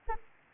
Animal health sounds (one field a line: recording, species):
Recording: mosquito wingbeat signal from an infrared sensor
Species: Anopheles arabiensis